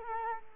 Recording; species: mosquito wingbeat signal from an infrared sensor; Culex quinquefasciatus